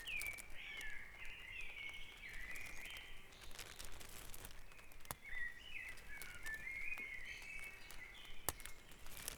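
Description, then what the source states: Dawn chorus of birds, continuous warbled, slurred phrases rising and falling, with occasional clicks and a low steady hum. Dawn chorus recorded at Back Dragon Avenue, Harrogate, as part of a sound map of Harrogate.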